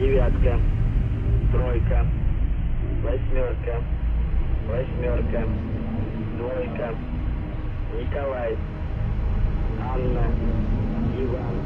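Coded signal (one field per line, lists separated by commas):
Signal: numbers station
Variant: UVB-76, Russian voice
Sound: a Russian voice reads about seven short words, digits then names, over low hum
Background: low engine-like rumble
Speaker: De cuando en cuando, una vez cada tantas semanas, los zumbidos cesan para dar paso a una voz espectral que empieza a narrar una serie de números, seguido de una serie de nombres.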